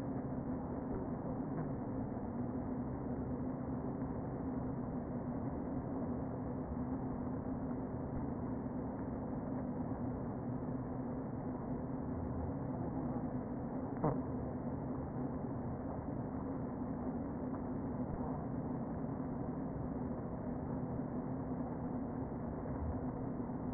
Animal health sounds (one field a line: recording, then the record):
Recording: honeybee colony, microphone inside the hive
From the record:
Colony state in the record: queen present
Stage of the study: before two queens were removed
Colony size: about 60,000 bees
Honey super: yes